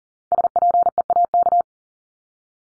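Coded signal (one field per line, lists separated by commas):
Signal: Morse code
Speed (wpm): 40 wpm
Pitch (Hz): 700 Hz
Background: none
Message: SPEAK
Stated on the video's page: Morse word drill at 40 wpm for head-copy practice, each word sent, spoken, then sent again.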